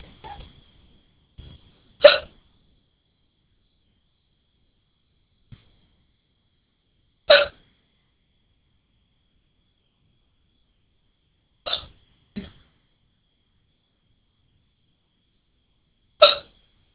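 An adult hiccupping: five or so sharp, abrupt gulping clicks at irregular intervals over 17 seconds.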